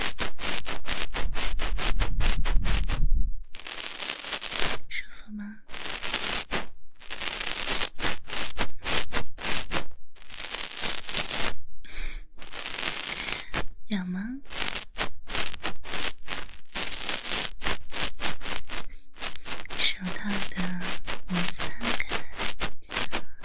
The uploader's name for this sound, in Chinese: 黑白双丝丝袜手套按摩